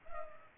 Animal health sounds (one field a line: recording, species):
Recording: mosquito wingbeat signal from an infrared sensor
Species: Culex pipiens